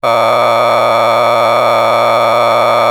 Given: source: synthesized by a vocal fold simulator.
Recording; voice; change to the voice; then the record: sustained vowel; male; a random mix of aspiration noise, stiffness perturbation and strain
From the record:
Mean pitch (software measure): 116 Hz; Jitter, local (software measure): 4.05%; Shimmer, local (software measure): 7.6%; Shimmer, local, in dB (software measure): 0.59 dB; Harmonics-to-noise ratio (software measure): 6.0 dB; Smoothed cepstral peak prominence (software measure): 13.1 dB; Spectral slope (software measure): -12.7 dB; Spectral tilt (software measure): -10.5 dB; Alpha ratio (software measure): -3.2 dB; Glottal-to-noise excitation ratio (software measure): 0.975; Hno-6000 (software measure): 1.9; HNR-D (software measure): 18.9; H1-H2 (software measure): 1.5 dB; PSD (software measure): 3.2e-04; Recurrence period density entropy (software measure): 0.127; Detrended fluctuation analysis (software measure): 0.0314